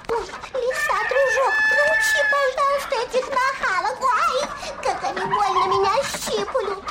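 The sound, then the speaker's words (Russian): A flock of chickens in a royal courtyard squawks and cackles in frantic alarm as a fox kills them, a dense, loud jumble of shrill, overlapping calls that rise and fall without pause for several seconds. “Лиса раз, два и передушила всех этих кур.”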